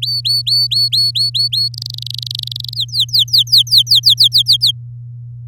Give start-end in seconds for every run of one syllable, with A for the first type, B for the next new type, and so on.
0.02-1.68 A, 1.74-2.74 B, 2.75-4.71 C